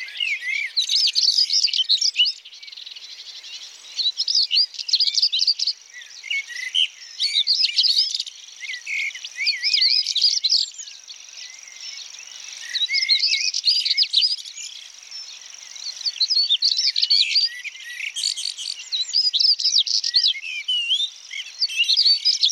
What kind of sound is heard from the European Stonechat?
song